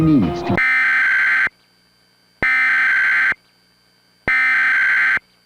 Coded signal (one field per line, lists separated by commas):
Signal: Emergency Alert System (SAME) tones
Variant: header bursts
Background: speech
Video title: [EAS Mock: S2 | #15] "HollyAnne Horror" (08/06/97)